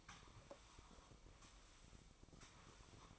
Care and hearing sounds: daily activity, microphone in the room; sweep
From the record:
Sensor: 1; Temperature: 24.4 degrees Celsius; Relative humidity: 39.3%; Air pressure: 1003.1 hPa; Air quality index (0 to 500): 197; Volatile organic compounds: 6 ppm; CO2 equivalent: 1887 ppm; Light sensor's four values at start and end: 13/32/13/16 and 13/32/13/16

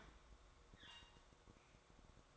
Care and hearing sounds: daily activity, microphone in the room; open fridge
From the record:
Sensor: 3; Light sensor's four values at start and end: 5/12/4/4 and 5/12/4/4

